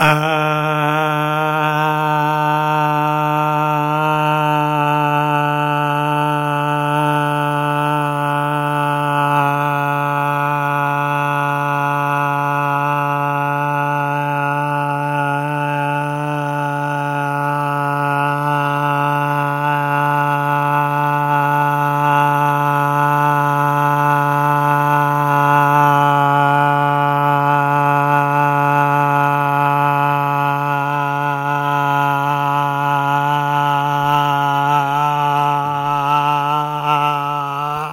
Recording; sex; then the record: sustained vowel /a/; male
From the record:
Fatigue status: no fatigue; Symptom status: asymptomatic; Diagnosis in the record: COVID-19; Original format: m4a